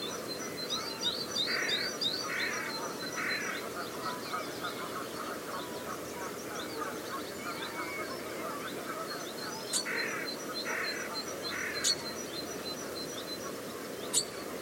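Coastal dunes at Studland Nature Reserve, with a steady low rushing wash underneath throughout. Over it come repeated rapid chirping bird calls in short bursts, a few harsher quacking notes near the start and middle, and sharp clicks around ten, twelve and fourteen seconds.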